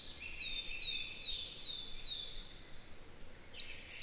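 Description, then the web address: European robin song of high, thin, drawn-out whistles over a faint background hiss, ending in a sudden burst of sharp, scratchy notes. Recorded in spring. "punarind. spring"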